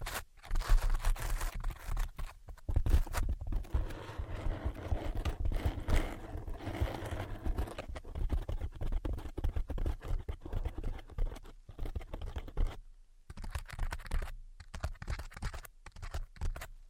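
Tapping and scratching sounds fill the clip, a dense run of quick, uneven taps and scrapes with a gritty, rustling texture. The activity is busiest in the first half, then breaks up into short bursts separated by brief silences, including a clear gap near thirteen seconds.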